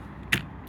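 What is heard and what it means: A windshield wiper blade is slid onto the J-hook of the wiper arm on a 2007 Toyota Highlander Hybrid, and at 0.3 s a single sharp snap rings out above a low background hum. The blade is seated on the hook.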